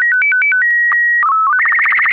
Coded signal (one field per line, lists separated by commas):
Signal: SSTV (slow-scan television)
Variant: Robot BW 8